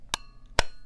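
The magnetic, metal-bodied charging case lid of a DJI Mic 2 wireless microphone kit snaps shut with two sharp, bright clicks at 0.1 s and 0.6 s, each leaving a short metallic ring. The lid closes and seats firmly.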